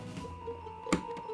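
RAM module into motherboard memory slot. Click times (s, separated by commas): 0.9 s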